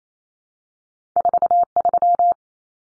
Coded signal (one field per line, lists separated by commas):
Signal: Morse code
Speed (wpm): 28 wpm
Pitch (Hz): 700 Hz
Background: none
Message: 43